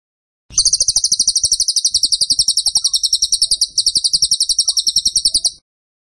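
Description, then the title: Tembakan bird song: an extended, energetic stream of rapid shrill chirps running about five seconds with a slight break midway. Masteran (training recording) of gacor, vigorous continuous singing. "Masteran Burung Tembakan Gacor"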